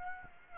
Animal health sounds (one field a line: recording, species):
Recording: mosquito wingbeat signal from an infrared sensor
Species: Aedes aegypti